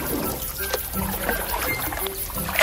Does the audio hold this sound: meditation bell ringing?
no